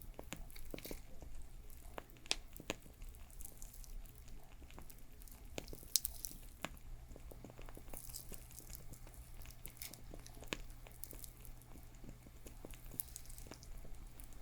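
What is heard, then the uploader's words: A crackling fire snaps and pops continuously, with sharp clicks arriving irregularly every fraction of a second and a few louder cracks, one especially bright near the six-second mark. A steady low hum runs underneath throughout, and the overall level stays even. Doing My Nails For Christmas｜With Crackling Fire Sounds.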